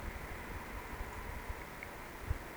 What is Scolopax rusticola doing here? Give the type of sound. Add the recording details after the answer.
whistle. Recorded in Baden-Württemberg, Germany, on 17 June 2020 at 20:21 UTC. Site 14569, 102 m above sea level